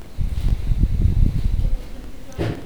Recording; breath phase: one breath near a microphone; exhalation